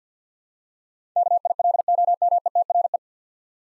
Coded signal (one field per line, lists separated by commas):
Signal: Morse code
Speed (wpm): 50 wpm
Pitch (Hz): 700 Hz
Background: none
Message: KILOMETRE